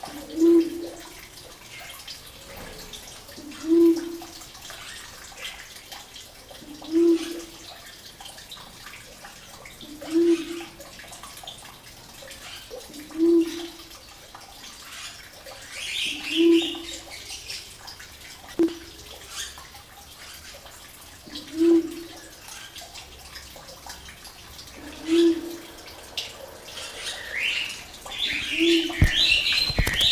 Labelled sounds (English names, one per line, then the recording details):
Sulawesi Ground Dove call
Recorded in captivity
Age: adult
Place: Zoo Berlin, Berlin, DE
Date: 2000-09-07 17:24
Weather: fair, 16°C
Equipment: Nagra SN, Kopie Uher 4000 Report Monitor
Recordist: Tembrock, Günter
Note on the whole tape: Lautfolgen (Entfernung ca. 50 cm). Plätschern - Wasserfall